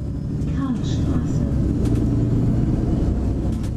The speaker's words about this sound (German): Wir steigen ins Auto und fahren zurück nach Palermo.